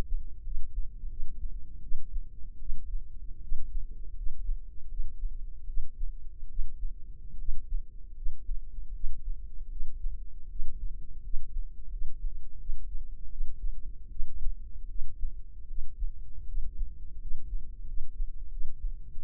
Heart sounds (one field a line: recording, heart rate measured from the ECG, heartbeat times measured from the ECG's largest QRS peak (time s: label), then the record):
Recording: heart sounds by microphone in the left ear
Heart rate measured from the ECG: 80 bpm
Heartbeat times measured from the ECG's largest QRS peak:
0.42 s: heartbeat
1.08 s: heartbeat
1.80 s: heartbeat
2.58 s: heartbeat
3.40 s: heartbeat
4.14 s: heartbeat
4.87 s: heartbeat
5.65 s: heartbeat
6.47 s: heartbeat
7.37 s: heartbeat
8.13 s: heartbeat
8.92 s: heartbeat
9.68 s: heartbeat
10.47 s: heartbeat
11.21 s: heartbeat
11.88 s: heartbeat
12.57 s: heartbeat
13.28 s: heartbeat
14.08 s: heartbeat
14.87 s: heartbeat
15.66 s: heartbeat
16.45 s: heartbeat
17.18 s: heartbeat
17.84 s: heartbeat
18.48 s: heartbeat
19.13 s: heartbeat
From the record:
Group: healthy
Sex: female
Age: 22 years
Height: 157 cm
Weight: 47.6 kg